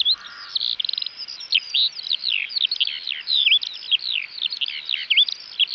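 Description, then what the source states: Eurasian Skylark song, a rapid flowing outpouring of high twittering, slurred and looping notes, with a short lower buzz near the start. Recorded in West Clare; synonymous with warm summer days; the song is incredibly fast.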